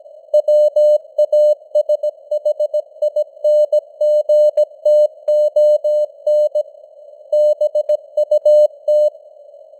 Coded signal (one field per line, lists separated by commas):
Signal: Morse code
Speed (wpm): 17 wpm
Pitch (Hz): 600 Hz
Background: none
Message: WASHINGTON BUT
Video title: Morse Code News | 2025-10-18 | 17wpm